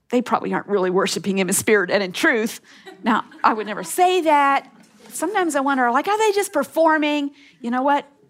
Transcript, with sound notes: “They probably aren’t really worshiping Him in Spirit and in truth.” (laughter) Now, I would never say that. Sometimes I wonder, like, “Are they just performing?” You know what?